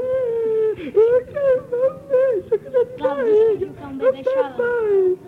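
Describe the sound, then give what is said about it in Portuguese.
A voice mimics crying after losing a fight, with wavering, high-pitched whimpers and wails rising and falling in a continuous, exaggerated sobbing for several seconds. “Porque agora a Juca, Juca perdeu a luta, Juca fica chorando.”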